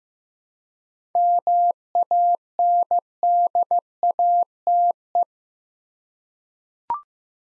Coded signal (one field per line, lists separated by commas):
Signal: Morse code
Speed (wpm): 15 wpm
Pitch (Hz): 700 Hz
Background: none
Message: MANDATE